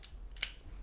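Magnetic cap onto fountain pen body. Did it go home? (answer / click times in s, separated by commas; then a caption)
yes / 0.4 s. A magnetic pull-apart cap is pushed back onto a wooden fountain pen body and is held by its magnet. A faint tick comes early, a soft scrape follows, then a sharp, bright click at 0.4 s as the cap seats firmly in place.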